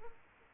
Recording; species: mosquito wingbeat signal from an infrared sensor; Aedes aegypti